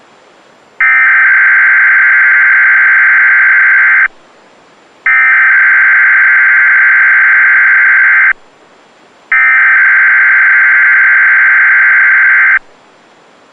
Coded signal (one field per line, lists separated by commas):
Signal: Emergency Alert System (SAME) tones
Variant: header bursts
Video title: Weatheradio Canada (XLM538 Winnipeg) - Required Monthly Test (EAS #107)